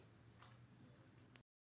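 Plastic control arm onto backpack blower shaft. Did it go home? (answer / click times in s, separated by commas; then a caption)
partly / 0.4 s, 1.4 s. A plastic control arm on a Ryobi BP 42 backpack blower is lined up by its flat side and pushed down onto the shaft, over a steady low hum. Faint clicks are heard at about 0.4 s and 1.4 s, but there is no clear seating click; the arm only seems to be as far down as it goes.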